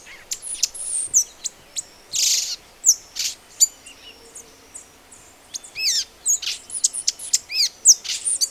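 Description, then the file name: Violaceous euphonia giving high, sharp chips and buzzy notes, pausing briefly midway before resuming with a rapid string of slurred, piercing notes. "gaturamoverdadeiro"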